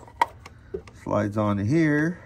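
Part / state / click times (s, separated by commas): connector or clip onto its mount on a motorcycle / not seated / none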